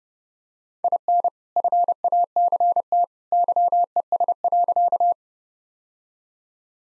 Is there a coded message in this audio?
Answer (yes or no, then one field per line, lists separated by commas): yes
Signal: Morse code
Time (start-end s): 0.8-5.1 s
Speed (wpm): 30 wpm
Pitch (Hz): 700 Hz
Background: none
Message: IN FACT YES.